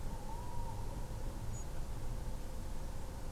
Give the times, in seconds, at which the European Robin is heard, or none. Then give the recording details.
1.52-1.64. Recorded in France